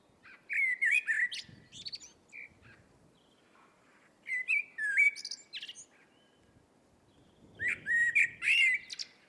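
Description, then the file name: Eurasian blackbird singing: three rich, mellow warbled phrases with twittering high endings, spaced roughly three to four seconds apart. "Turdus merula"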